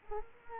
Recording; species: mosquito wingbeat signal from an infrared sensor; Culex quinquefasciatus